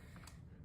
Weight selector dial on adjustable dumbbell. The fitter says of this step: make sure it clicks